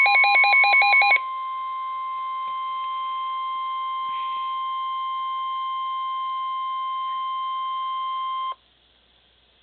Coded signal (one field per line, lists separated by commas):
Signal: Emergency Alert System (SAME) tones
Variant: 1050 Hz attention tone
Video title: EAS Alert #8- 4/10/11